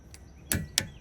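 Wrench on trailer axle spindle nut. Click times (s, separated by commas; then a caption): 0.8 s. While the brake rotor is spun, a torque wrench is pulled with even pressure on a trailer axle spindle nut until it clicks. A faint tap at 0.1 s and a loud sharp knock at 0.5 s come before the sharp metallic click of the wrench at 0.8 s. The nut reaches torque at that click.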